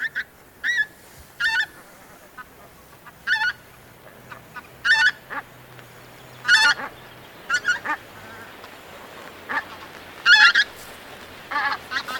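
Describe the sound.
Bird honking calls: loud nasal honks repeated irregularly, often in quick pairs, over a soft steady background hum.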